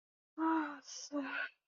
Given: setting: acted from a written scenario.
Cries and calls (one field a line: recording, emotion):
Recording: vocal sound without words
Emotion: guilt